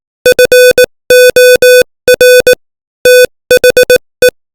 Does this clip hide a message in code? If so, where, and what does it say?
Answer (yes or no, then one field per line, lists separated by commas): yes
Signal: Morse code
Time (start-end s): 0.3-4.3 s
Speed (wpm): 18 wpm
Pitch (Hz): 500 Hz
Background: music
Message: FOR THE